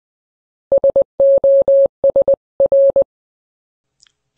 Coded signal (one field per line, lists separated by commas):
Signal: Morse code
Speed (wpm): 20 wpm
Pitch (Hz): 550 Hz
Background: none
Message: SOSR